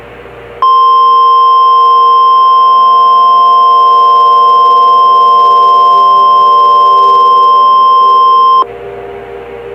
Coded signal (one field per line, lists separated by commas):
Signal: Emergency Alert System (SAME) tones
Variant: 1050 Hz attention tone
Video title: EAS Scenario - Baby Einstein